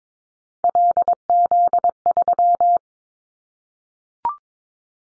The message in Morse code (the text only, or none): LZ3